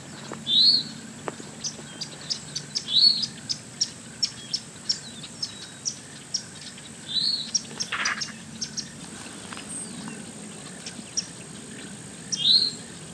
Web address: lbrc spto dobbsa